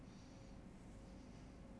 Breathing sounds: one breath in and out by a microphone near the nose and mouth; normal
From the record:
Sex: male

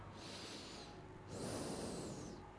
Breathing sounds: one breath in and out by a microphone near the nose and mouth; normal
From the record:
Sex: male

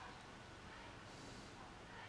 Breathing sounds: one breath in and out by a microphone near the nose and mouth; normal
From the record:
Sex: male

